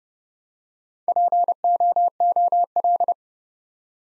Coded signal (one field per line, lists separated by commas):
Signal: Morse code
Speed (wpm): 30 wpm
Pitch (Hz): 700 Hz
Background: none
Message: POOL